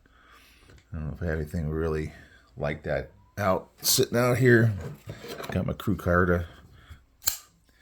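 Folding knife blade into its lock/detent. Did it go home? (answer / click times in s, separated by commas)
yes / 7.3 s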